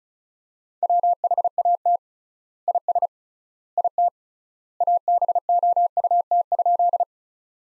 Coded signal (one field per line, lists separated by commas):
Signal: Morse code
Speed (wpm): 36 wpm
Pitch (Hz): 700 Hz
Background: none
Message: WHAT IS IT ABOUT?